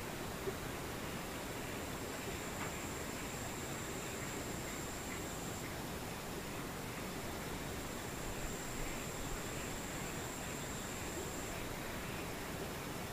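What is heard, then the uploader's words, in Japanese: Near-silence with a steady soft hiss, and a thin, high insect whine in the distance that drops out briefly midway and fades near the end. 無音遠くにムシ。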